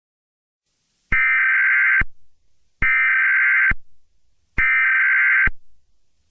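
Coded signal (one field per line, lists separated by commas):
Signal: Emergency Alert System (SAME) tones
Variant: header bursts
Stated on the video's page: Fictional EAS scenario about a virus outbreak.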